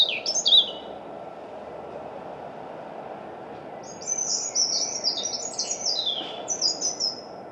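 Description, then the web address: European robin song: a brief high warbled phrase at the start, then a long silvery run of thin, tumbling notes from four seconds on, over a steady low rumble. "Deverinetal 2025"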